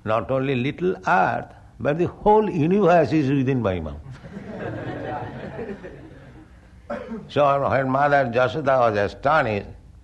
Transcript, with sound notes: not only a little earth, but the whole universe is within My mouth." [laughter] So when Mother Yaśodā was astonished,